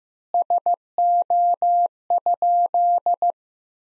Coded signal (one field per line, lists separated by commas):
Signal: Morse code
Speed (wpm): 16 wpm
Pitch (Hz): 700 Hz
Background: none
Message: SO?